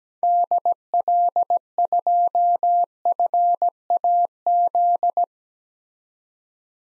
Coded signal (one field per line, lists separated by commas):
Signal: Morse code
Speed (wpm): 17 wpm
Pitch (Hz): 700 Hz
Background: none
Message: DL2FAZ